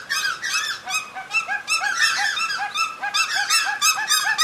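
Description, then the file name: Lesser White-fronted Goose flock: many high, yelping calls overlapping without pause, a steady, busy chatter of squeaky notes. "karigane"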